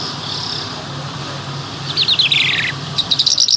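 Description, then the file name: Bimaculated lark giving a short buzzy descending trill followed by rapid high twittering notes, against a steady low background hum. "sound black bimaculated lark"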